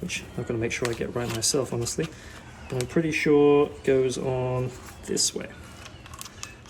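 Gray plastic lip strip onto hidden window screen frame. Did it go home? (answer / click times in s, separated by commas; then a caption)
yes / 6.2 s, 6.4 s. A gray plastic lip strip is hooked onto the frame piece of a Pella 250 hidden window screen while someone talks. Sharp plastic snaps are heard at 6.2 s and 6.4 s as the strip snaps into place and is seated on the frame.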